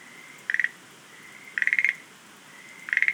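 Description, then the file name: Schlegel's green tree frog giving brief rattling pulse trains about once a second, separated by a faint drawn-out tone. "rodolphe alexis - rhacophorus schlegelii"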